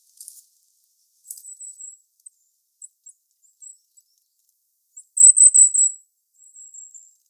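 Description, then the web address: Goldcrest calls: very high, thin, drawn-out notes near the top of hearing, with scattered brief tsit notes and one louder stretched phrase toward the end. "regulus regulus call"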